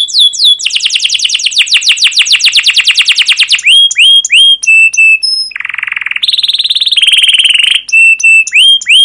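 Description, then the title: Canary song with sweeping chirps leading into a rapid rolling trill, then whistled notes, a harsh buzzy phrase, steady tones and more chirps. Domestic canary with long continuous gacor song, cuit cuit calls and ngerol rolling trills, used as pancingan, a lure recording to train other canaries. "CUIT CUIT NGEROL LANGSUNG GACOR PANJANG Kenari Pancingan. Masteran Suara Burung Kenari Gacor Panjang cuit cuit Ngerol untuk Pancingan Kenari"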